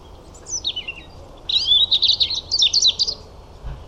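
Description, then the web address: European robin delivering a rapid, tumbling high warble of sweet notes and short trills, one brief phrase then a longer run, over light hiss. "Deverinetal 2025 File origin Bird Only Er Ru"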